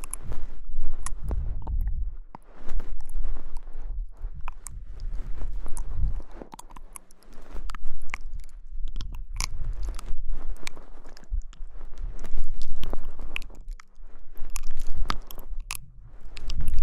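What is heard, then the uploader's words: Mouth sounds, wet chewing and crunching that run almost without a break for the whole stretch. Sharp clicks and crisp bites pop out every second or so over a low, soft rumble, with brief lulls near two, six and fourteen seconds. Mouth Sounds.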